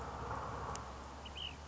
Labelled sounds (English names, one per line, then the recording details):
Ash-throated Flycatcher
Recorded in Sonoma County, California